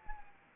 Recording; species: mosquito wingbeat signal from an infrared sensor; Anopheles arabiensis